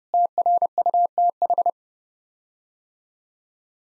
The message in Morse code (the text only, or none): TRUTH